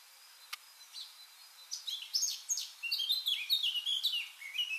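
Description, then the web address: Eurasian blackcap song: one sharp click, then a bright, fast warble of chirps and whistles that grows louder toward the end. "SETE data Sylvia atricapilla"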